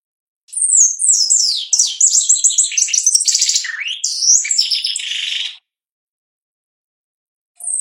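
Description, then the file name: Shiny cowbird song, a long continuous stream of quick high downslurred whistles and chattering notes lasting about five seconds, ending in a buzzy trill, then a pause before another phrase begins. "canto do chupim"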